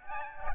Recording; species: mosquito wingbeat signal from an infrared sensor; Aedes albopictus